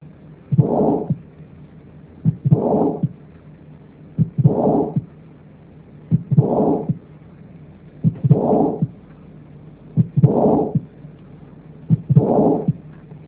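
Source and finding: Heart by stethoscope. Systolic ejection murmur (aortic stenosis).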